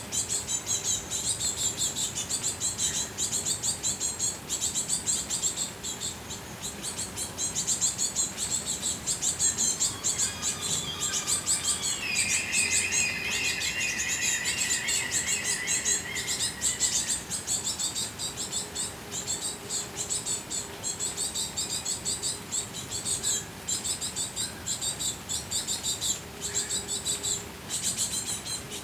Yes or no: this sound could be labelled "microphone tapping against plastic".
no